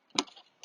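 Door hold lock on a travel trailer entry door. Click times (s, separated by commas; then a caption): 0.2 s. A small door hold lock on the entry door of a 2013 Airstream travel trailer is engaged. A faint tick at 0.1 s leads into a sharp, bright click at 0.2 s as it locks into place easily, followed by a softer rattle near 0.6 s. The lock is seated and the door is secure.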